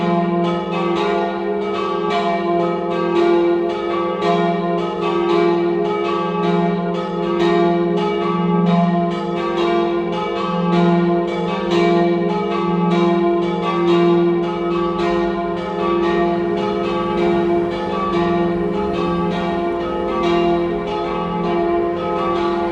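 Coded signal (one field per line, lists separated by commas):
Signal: bell signal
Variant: battiore e dopli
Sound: continuous rapid ringing of several church bells, overlapping strikes for whole clip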